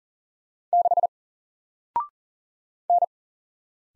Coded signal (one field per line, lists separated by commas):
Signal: Morse code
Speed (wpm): 40 wpm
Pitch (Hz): 700 Hz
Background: none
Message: 6 N